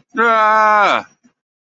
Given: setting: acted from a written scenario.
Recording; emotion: vocal sound without words; distress